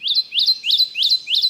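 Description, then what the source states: Kentucky Warbler singing a fast run of five loud, ringing phrases, each a rising slur ending in a steady tone, evenly spaced. Ringing 'redeep, redeep' song, a resounding solo of an uber-skulky bird.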